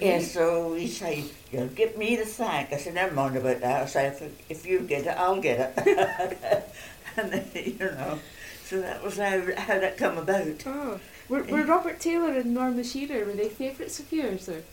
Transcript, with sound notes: Yes well, he said, "They'll give me the sack." I said, "Never mind about that." I say, "If you get it, I'll get it." [laughs] And then he, you know. So that was how that come about.
Oh-h. Were Robert Taylor and Norma Shearer, were they favourites of yours?